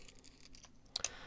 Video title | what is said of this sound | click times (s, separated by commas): Extend Your Gaming Time with the S-Charge 10,000 mAh Battery Case for Nintendo Switch | seems to be some kind of locking mechanism there because you do have to kind of you can hear it clicking to come out so | 1.0 s